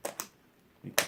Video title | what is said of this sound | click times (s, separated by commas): Solving 12 different sizes of Rubik's cubes | to feel for it, and there you go, it clicks into place. | 1.0 s